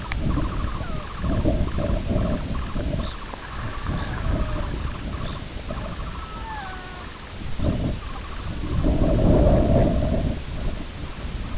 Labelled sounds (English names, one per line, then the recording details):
Sanderling
Red Phalarope
unidentified sound
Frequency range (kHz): Red Phalarope 3.2-5.0 kHz
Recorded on Arctic tundra, site IGLO-B, on 21 June 2018
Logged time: 09:59